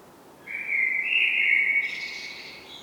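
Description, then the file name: Common blackbird singing one level, flute-like phrase that finishes with a faint rasping high twitter. "Turdus merula"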